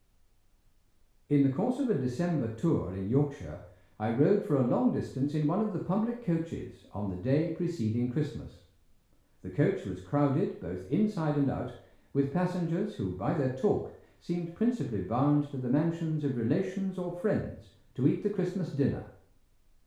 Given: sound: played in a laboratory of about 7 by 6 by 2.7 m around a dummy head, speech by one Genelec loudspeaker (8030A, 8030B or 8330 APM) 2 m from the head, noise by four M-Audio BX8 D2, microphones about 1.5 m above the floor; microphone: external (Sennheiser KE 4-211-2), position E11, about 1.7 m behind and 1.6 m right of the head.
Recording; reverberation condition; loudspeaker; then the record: male speech in English; medium; 120 degrees to the right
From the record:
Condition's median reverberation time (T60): about 510 ms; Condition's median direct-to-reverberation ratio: about -0.5 dB